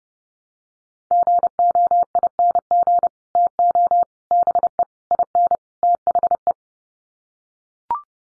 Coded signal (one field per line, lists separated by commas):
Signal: Morse code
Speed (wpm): 30 wpm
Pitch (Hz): 700 Hz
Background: none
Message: GOING TO BE IN THE